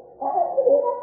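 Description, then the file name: Marsh wren song, heard greatly slowed: a short run of low, smooth, warbling tones that waver up and down. Eastern male marsh wren from Massachusetts; songs slowed eight times. "Massachusetts 2 Eastern-male-108 Ma Wr-MA"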